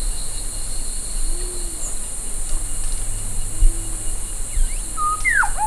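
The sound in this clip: Bird whistles near the end, a flat note and falling slurs, after soft low arched tones earlier, all over a steady background hiss.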